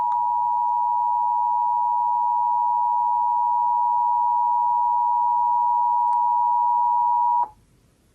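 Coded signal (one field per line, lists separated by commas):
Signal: Emergency Alert System (SAME) tones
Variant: 853 and 960 Hz attention tone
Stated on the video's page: Monthly EAS tests recorded off FM radio and TV stations in the San Francisco and Sacramento areas, early morning.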